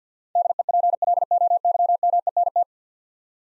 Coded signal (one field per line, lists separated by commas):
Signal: Morse code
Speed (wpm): 49 wpm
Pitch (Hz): 700 Hz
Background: none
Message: DEPLOYMENT